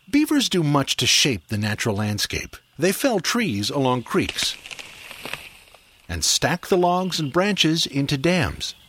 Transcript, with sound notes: Beavers do much to shape the natural landscape. They fell trees along creeks [Sound of small tree falling] and stack the logs and branches into dams.